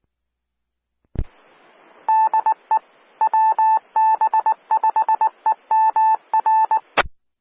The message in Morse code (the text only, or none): DE WB5EMR